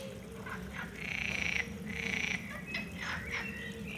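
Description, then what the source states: Frog giving long grating croaks, two sustained ones in the middle, with shorter harsh notes before and after, over a low rumble. At the Jardí Botànic de la Universitat de València; Ambeo Smart Headset binaural microphones on an iPhone.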